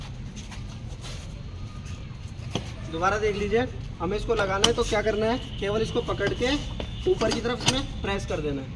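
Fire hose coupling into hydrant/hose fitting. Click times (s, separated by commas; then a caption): 2.6 s. A fire hose coupling is pushed upward into its mating hydrant or hose fitting and locks in place. A sharp click marks the seating at 2.6 seconds, and then someone talks.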